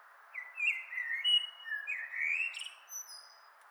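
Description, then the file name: Common blackbird singing a long, flowing, fluty warble of rising and falling whistles that closes with thin, high-pitched twittering notes. "Turdus merula"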